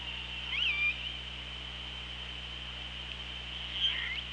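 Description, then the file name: Killer whale call: one sharp rising-falling harmonic call near the start and a brief faint squeak near the end, beneath constant hiss and a low steady hum. Recorded on the OrcaLab hydrophone, 24 August 2017 at 16:15. "Orca Lab UTLN JASON 20170824 161555"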